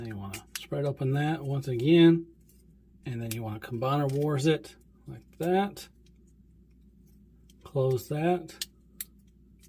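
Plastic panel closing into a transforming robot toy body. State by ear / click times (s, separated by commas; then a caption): not seated / none. A plastic panel is handled during transformation of a small plastic transforming robot figure, a Mechanic Studios MS-28 Legends Class Thunderbolt (G1 Blitzwing), while someone talks. Faint handling ticks of plastic parts are heard between the speech. The panel has not yet snapped closed and nothing has seated by the end.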